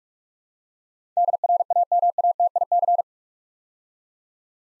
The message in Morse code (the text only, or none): DRAMATIC